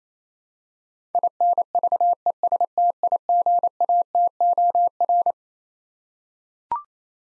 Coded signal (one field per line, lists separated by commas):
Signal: Morse code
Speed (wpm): 28 wpm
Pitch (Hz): 700 Hz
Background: none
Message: INVESTIGATOR